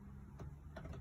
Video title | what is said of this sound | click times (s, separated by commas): New VW Tourer full video | click it into place, and then lock it into place | 0.4 s, 0.8 s